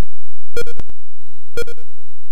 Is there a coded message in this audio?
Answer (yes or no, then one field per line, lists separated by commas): no